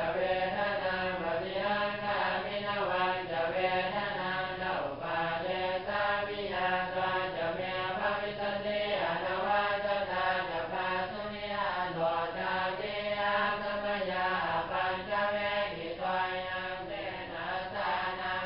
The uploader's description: Chanting monks at evening prayer in Luang Prabang, Laos